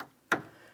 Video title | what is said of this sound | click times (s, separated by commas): How to Replace Rear Door Checks 2003-2008 Toyota Matrix | Line it up, press it in, listen for an audible click. | 0.3 s